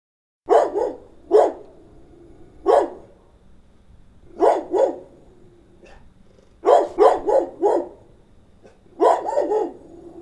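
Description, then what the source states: Dog barking repeatedly, mixing single and doubled barks, ending with a quick string of several barks. Medium-sized dog barking.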